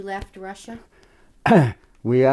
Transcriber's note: clears throat